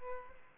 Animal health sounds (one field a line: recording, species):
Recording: mosquito wingbeat signal from an infrared sensor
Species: Aedes aegypti